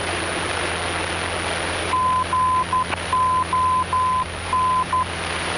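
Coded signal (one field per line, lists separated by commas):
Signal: Morse code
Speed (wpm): 12 wpm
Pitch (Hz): 1020 Hz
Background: none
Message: GON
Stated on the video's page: VOR Morse ident heard during a cross-country training flight.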